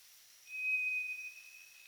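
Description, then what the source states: White's thrush singing one long, level, ghostly whistle, unchanging in pitch and fading toward the end, over quiet hiss. Recorded at night on 2 July 2007 at 23:34.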